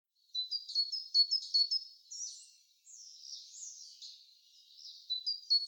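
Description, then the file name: Great tit calling with rapid, high, thin notes repeated in quick bursts, followed by buzzier, scratchy phrases, then brief high notes again. "Parus major"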